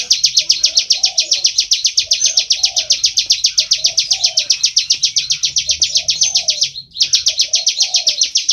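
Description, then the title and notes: Bar-winged prinia calling nonstop, a high, dry ticking note repeated about four times a second, with one brief break. Faint low warbling swoops sound in the background. Ngebren style continuous calling, used as a masteran tutor track for training white-rumped shamas (murai batu). "Ciblek Ngebren Untuk Masteran Murai Batu. Suara burung ciblek - Suara Nada"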